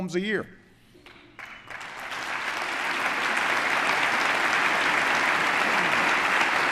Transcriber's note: applause